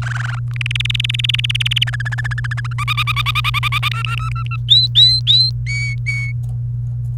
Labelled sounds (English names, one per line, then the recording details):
Domestic Canary song
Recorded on 28 April 2018 at 06:02
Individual llb3